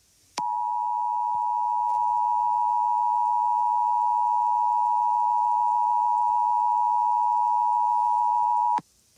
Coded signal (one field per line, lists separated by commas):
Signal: Emergency Alert System (SAME) tones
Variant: 853 and 960 Hz attention tone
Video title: Open Box (EAS Scenario)